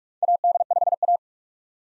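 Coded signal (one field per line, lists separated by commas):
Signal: Morse code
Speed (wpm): 46 wpm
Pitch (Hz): 700 Hz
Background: none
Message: AD5A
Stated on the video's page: Common SOTA activator call signs at 45 wpm for head-copy practice, each sent, then spoken, then sent again.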